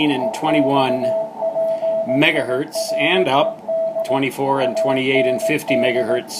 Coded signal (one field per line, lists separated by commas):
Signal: Morse code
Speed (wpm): 18 wpm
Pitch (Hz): 650 Hz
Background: speech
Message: EXPIRED AND